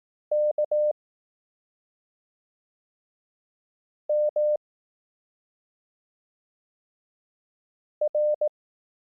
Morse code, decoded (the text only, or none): K M R